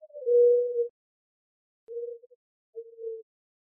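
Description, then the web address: Mourning dove's low hooting coo: a longer note that slides down, then two shorter, quieter level notes after a pause. Recorded in Arizona on 28 April 2004. "Doves AZFO MODO 042804. deviche"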